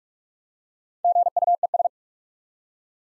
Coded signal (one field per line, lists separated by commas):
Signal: Morse code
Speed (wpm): 48 wpm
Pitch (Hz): 700 Hz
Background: none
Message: GUES